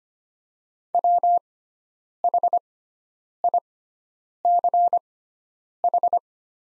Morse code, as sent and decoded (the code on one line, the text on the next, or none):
.-- .... .. -.-. ....
WHICH